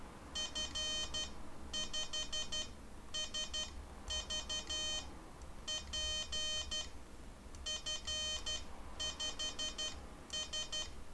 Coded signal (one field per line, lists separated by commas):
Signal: Morse code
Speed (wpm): 12 wpm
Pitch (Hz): 3100 Hz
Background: none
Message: F5SVP F5S